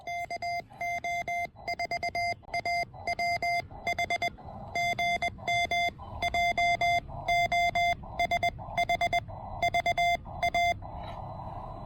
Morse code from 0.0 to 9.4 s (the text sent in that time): KO4AWH GM JOSH